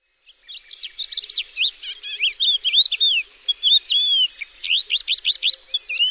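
Bird singing a fast jumble of high twittering notes, slurred whistles and quick rising chirps, nearly continuous throughout.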